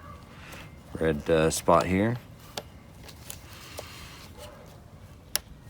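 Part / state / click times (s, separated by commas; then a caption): red plug into its socket by the motorcycle battery / seated / 5.4 s. Someone talks briefly while the red plug is pushed back into its red socket by the battery of a 2017 Honda Rebel motorcycle, with a few faint knocks along the way. A sharp click at 5.4 s marks the plug seating in place.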